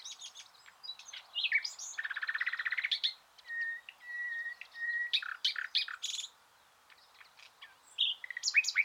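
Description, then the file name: Common nightingale song, a run of fast repeated notes followed by plain whistled notes and sharp chattering phrases, varied and loud. "Luscinia megarhynchos"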